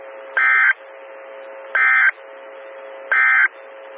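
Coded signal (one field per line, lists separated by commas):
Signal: Emergency Alert System (SAME) tones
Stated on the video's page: Audio from a 147.255 MHz SKYWARN repeater.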